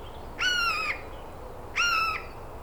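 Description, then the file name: Eurasian jay with two even, nasal mewing notes, each around half a second long, spaced over a second apart. "Garrulus glandarius"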